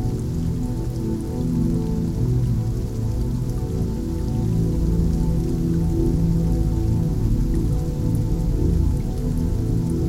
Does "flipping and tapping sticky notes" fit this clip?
no